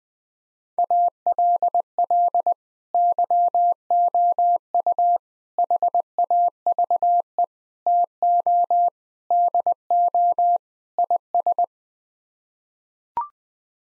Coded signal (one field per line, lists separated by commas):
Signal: Morse code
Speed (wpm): 20 wpm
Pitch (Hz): 700 Hz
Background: none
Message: ALL YOU HAVE TO DO IS